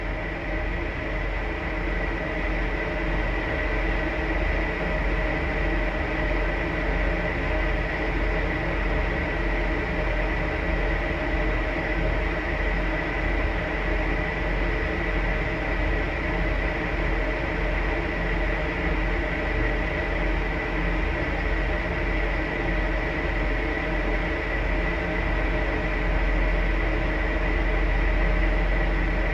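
A steady indoor room tone recorded in a house, a constant dense hiss with a deep low rumble underneath. Several fixed humming pitches run unchanged throughout, one of them bright and high. Nothing stands out as a separate event, and the level stays even from start to finish.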